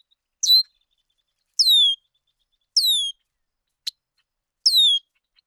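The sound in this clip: Bird chirps: four high downslurred notes at uneven intervals, mixing short bursts and longer falling whistles, with one sharp click between them.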